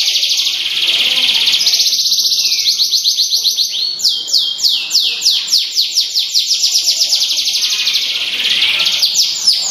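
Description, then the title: Canary song: long dense rolling trill, then a run of swift descending whistled notes, ending in another trill. Small standard canary in an Indonesian songbird contest context. "Kenari Standart Kecil Prestasi"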